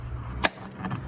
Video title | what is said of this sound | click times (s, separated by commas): LED Light Bulbs | After cleaning, the cover can be snapped back into place with some pressure around the edges, as shown here. | 0.5 s